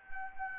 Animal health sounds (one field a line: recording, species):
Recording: mosquito wingbeat signal from an infrared sensor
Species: Anopheles arabiensis